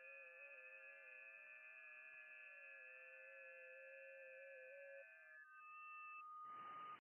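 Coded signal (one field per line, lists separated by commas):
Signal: FT8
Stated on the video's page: Live FT8 and FT4 amateur radio contacts.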